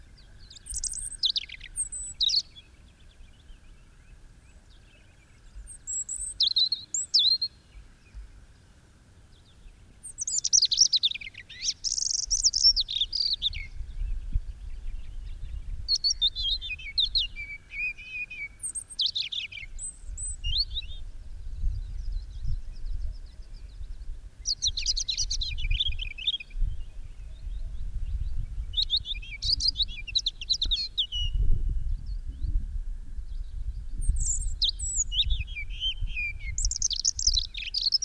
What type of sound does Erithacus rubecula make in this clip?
song